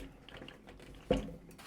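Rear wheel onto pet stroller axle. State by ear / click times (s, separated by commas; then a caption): not seated / none. While pressing the silver release knob, a plastic rear wheel is slid onto the metal axle of a San Yare dog stroller. Light clicks and taps sound around 0.3 to 0.5 s, followed by a louder short knock at about 1.1 s. Nothing has seated or clicked into place yet.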